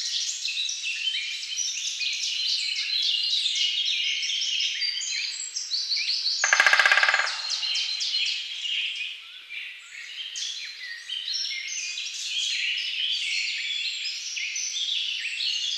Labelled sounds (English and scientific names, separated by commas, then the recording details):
Great Spotted Woodpecker (Dendrocopos major) drumming
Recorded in the wild
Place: Lilienhof / Kaiserstuhl, Baden-Württemberg, DE
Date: 2009-05-02
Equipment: MiniDisc Sharp MT 20 H
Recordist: Schwarz, Dieter